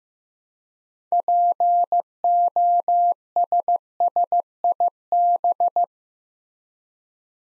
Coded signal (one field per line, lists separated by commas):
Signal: Morse code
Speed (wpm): 15 wpm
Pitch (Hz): 700 Hz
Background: none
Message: POSSIB